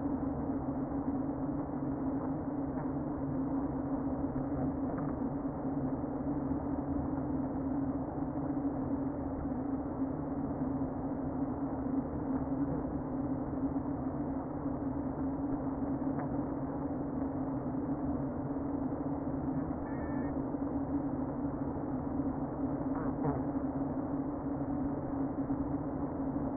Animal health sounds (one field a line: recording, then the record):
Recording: honeybee colony, microphone inside the hive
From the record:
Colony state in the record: queen present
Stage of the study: before two queens were removed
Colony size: about 60,000 bees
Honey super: yes